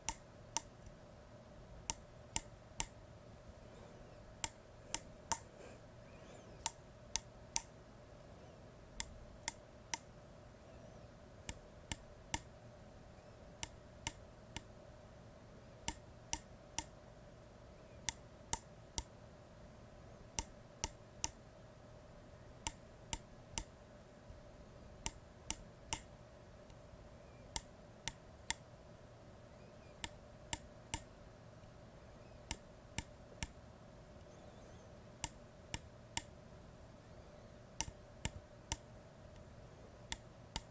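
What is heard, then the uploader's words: Ear to ear tapping: sharp, crisp taps land irregularly throughout, sometimes in quick clusters of two or three, roughly one or two per second. Beneath them runs a steady low hum with a faint mid-pitched drone that never changes. Ear to Ear tapping, scratching, brushing.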